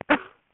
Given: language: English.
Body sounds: throat vibration sensor signal played as sound; cough

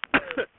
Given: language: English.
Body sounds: throat vibration sensor signal played as sound; cough

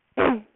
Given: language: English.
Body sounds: throat vibration sensor signal played as sound; throat clearing

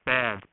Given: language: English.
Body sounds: throat vibration sensor signal played as sound; speech

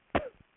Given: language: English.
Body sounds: throat vibration sensor signal played as sound; cough

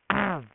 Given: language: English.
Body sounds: throat vibration sensor signal played as sound; throat clearing

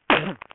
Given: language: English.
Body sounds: throat vibration sensor signal played as sound; cough

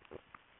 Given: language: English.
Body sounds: throat vibration sensor signal played as sound; swallow

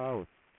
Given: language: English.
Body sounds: throat vibration sensor signal played as sound; speech

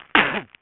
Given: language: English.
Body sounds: throat vibration sensor signal played as sound; cough

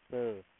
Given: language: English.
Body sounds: throat vibration sensor signal played as sound; speech

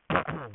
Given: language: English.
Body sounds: throat vibration sensor signal played as sound; throat clearing

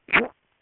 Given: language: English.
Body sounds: throat vibration sensor signal played as sound; swallow

